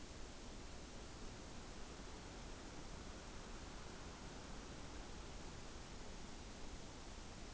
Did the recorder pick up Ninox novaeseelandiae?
no